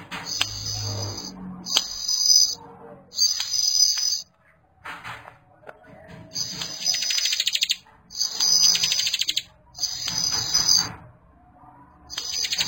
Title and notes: Kicau Ciblek new - putri sherin. kumpulan suara burung ciblek gacor dan anakan